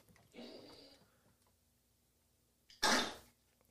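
A twelve-year-old female pug with a collapsed trachea coughing in a room; the harsh, retching cough sounds like vomiting.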